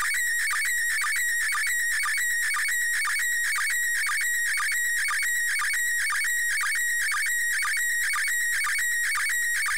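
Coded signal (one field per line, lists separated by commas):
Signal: SSTV (slow-scan television)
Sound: steady warbling tone with rhythmic chirping sync ticks about twice a second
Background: radio static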